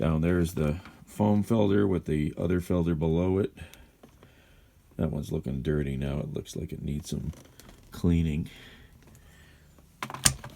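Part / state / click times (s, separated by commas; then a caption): filter assembly into upright vacuum cleaner body / seated / 10.3 s. Someone talks while showing the foam filter and the filter below it in a Shark upright vacuum cleaner, one of which looks dirty and in need of cleaning. The plastic filter part is then pushed back into the vacuum cleaner body with one finger, and it snaps into place with a sharp click at 10.3 s.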